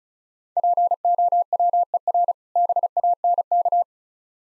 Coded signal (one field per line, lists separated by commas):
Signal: Morse code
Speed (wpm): 36 wpm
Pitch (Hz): 700 Hz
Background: none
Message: POWER BANK